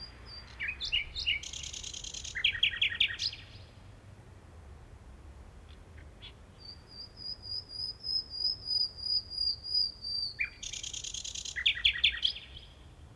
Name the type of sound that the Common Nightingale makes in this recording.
song